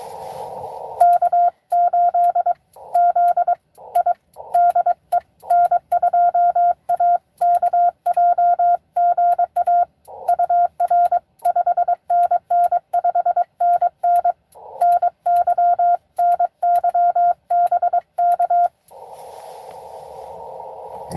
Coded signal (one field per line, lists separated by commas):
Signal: Morse code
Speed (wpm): 23 wpm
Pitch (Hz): 700 Hz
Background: radio noise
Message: K8ZI DE N2AKJ GA UR 5NN 5NN NY NY BK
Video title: N2AKJ is live! doing pota at us-2114 #pota #cw #n2akj #morsecode